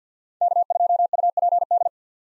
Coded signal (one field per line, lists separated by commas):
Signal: Morse code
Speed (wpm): 50 wpm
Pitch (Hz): 700 Hz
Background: none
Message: K2UPD